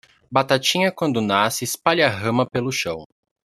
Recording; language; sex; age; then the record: short text; Brazilian Portuguese; male; 18 to 19 years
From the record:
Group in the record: control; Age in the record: 19 years